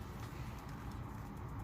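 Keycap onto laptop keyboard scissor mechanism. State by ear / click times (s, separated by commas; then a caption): not seated / none. A replacement keycap is held at a 45-degree angle with its edge lined up on the plastic scissor mechanism of a Lenovo T490 laptop keyboard, ahead of pressing it down. Only a steady, low background hum is heard, with no distinct hits. Nothing has clicked or seated yet.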